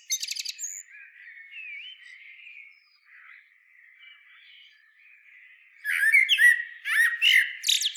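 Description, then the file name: Common blackbird: a brief high twitter, then a quiet stretch of soft trills before a loud fluting phrase with squeaky high ends takes over. "Turdus merula"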